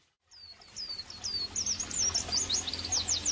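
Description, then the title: White-eye song: a few high, sliding notes, then a fast, lively twitter of high chirps that grows busier. Actively singing ('gacor') bird, with the recording used as therapy and bird-training ('masteran') audio. "terapi pleci dextro 87"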